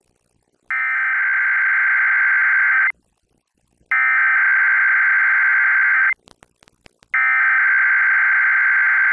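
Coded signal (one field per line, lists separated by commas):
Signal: Emergency Alert System (SAME) tones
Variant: header bursts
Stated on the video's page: Required weekly EAS test from a broadcast station, received on an SDR with static in the recording.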